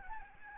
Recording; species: mosquito wingbeat signal from an infrared sensor; Aedes albopictus